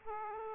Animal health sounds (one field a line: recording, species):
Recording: mosquito wingbeat signal from an infrared sensor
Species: Aedes aegypti